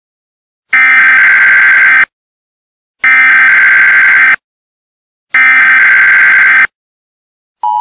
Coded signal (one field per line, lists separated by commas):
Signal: Emergency Alert System (SAME) tones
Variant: header bursts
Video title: The Fat Warren Cook EAS Scenario [Not Ethan]